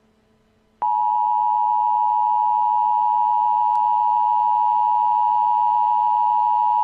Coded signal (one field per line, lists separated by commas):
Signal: Emergency Alert System (SAME) tones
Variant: 853 and 960 Hz attention tone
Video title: The End of the World (eas scenario) *Nick3535 version*